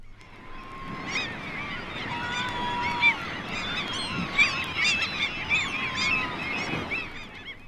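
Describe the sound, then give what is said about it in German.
At a breeding site, a gull gives drawn-out, mewing cat-like contact calls to its mate or young over a steady chorus of common gulls calling behind it, with many overlapping harmonic cries and pitch glides throughout. “Am Brutplatz vernimmt man einen dem Partner oder den Jungen geltenden Lockruf, den sogenannten Katzenruf.”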